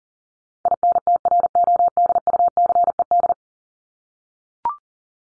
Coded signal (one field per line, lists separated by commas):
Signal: Morse code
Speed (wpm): 40 wpm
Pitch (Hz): 700 Hz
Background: none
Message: INTRODUCED